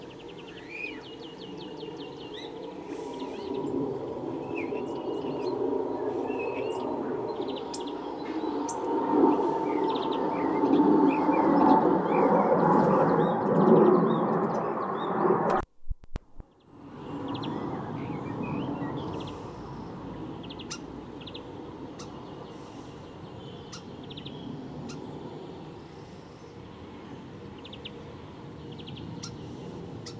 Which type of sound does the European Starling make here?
song